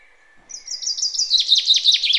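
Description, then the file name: Common chaffinch song: a quick run of high, sweet notes that starts thin, then grows louder into repeated downslurred chirps, with a faint steady whistle underneath at first. "Fringilla coelebs"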